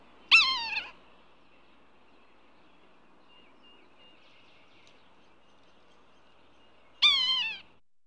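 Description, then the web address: Yellow-bellied sapsucker giving two nasal, cat-like mewing calls that slide downward, about seven seconds apart, with quiet background between them. "bird sapsucker yellow bellied sapsucker calls"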